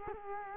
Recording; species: mosquito wingbeat signal from an infrared sensor; Culex quinquefasciatus